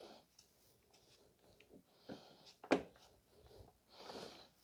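A crankshaft pulley is lined up and pushed onto the crankshaft nose of a 2009 Subaru Impreza's 2.5 SOHC EJ253 engine during a timing belt service. After quiet rustling and a faint tick at 0.4 s, a loud, sharp snap at 2.7 s marks the pulley seating into place, ready for its bolt.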